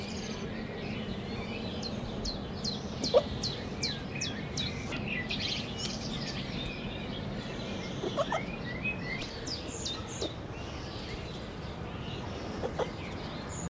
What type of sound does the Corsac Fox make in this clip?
call